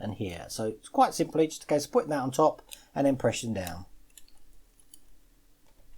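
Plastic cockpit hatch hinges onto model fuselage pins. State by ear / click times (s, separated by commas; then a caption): not seated / none. Someone talks while the plastic cockpit canopy hatch of an X-Wing model kit, with its hinge sockets, is set on top of the fuselage pins ready to be pressed down. After the talking stops, a few faint handling ticks come through near 4.2 and 4.9 seconds against quiet background noise. Nothing has seated or clicked yet.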